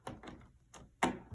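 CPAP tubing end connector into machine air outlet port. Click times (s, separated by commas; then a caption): 1.0 s. The heated CPAP tubing end with its chip is pushed into the square air outlet port on the CPAP machine. A few soft knocks and scrapes come first, then a sharp, loud click at 1.0 s as the connector seats, followed by a faint low thump.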